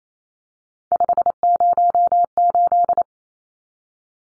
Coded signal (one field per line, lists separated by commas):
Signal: Morse code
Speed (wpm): 28 wpm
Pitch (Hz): 700 Hz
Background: none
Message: 508